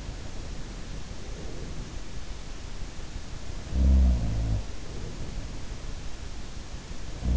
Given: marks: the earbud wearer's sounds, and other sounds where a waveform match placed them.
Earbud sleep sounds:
sounds in sleep by an in-ear microphone; breath
0.69-2.29 s: breath
3.34-6.12 s: sound from someone else or the room
4.58-6.12 s: breath

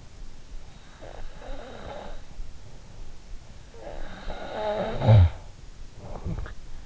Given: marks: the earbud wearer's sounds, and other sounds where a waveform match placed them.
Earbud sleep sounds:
sounds in sleep by an in-ear microphone; breath, snoring breath
0.85-2.79 s: breath
3.76-6.55 s: snoring breath

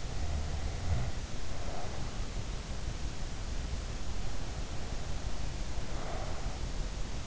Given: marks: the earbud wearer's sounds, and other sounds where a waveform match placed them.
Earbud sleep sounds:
sounds in sleep by an in-ear microphone; breath
0.38-2.53 s: breath
3.89-6.88 s: breath

